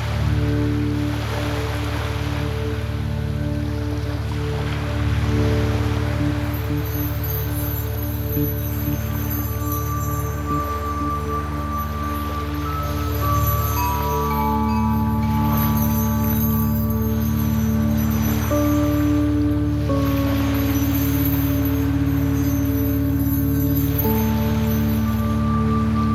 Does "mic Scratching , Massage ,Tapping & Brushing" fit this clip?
no